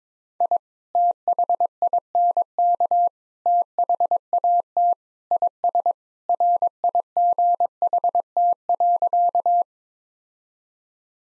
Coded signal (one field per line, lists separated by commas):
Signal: Morse code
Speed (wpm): 22 wpm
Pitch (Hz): 700 Hz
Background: none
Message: I THINK THAT IS RIGHT.